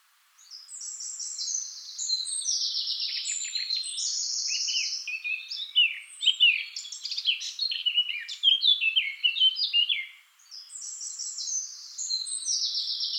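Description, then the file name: Eurasian blackcap giving a long, rich warbling song of rapid chattered notes mixed with clearer whistles, one brief pause, then the warble resumes. "Sylvia atricapilla"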